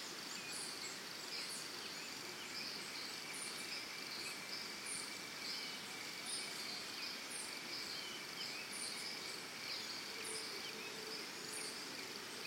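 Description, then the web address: Crickets chirp in a steady high continuous drone, while a bird gives repeated short high chirps over a broad background hiss. Early morning in Costa Rica, forest and jungle setting, with birds calling alongside the crickets. "Big Room Sound Birds Crickets Costa Rica Early Morning"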